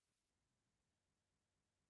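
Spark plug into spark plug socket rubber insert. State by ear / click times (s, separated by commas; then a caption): not seated / none. A new spark plug for a 2005 Chrysler 300 with 225,000 miles is being pushed into a spark plug socket that has a rubber retaining insert inside. Only faint, steady low handling noise is heard, with no distinct click. Nothing has seated or clicked yet.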